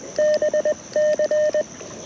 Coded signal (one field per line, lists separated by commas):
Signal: Morse code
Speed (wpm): 20 wpm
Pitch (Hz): 1800 Hz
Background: radio noise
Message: BC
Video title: Morse Code Monday #3 - QRP CW POTA Activation 07/24/2023 @ K-4451